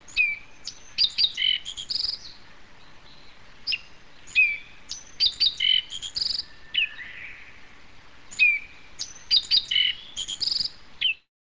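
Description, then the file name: Black-faced bunting singing: three bright phrases of high chips and thin buzzy notes, repeated about every four seconds. "aoji"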